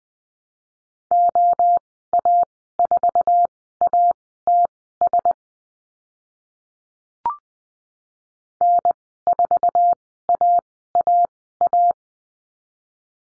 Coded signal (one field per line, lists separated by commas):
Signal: Morse code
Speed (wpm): 20 wpm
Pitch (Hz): 700 Hz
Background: none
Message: OA4ATS N4AAA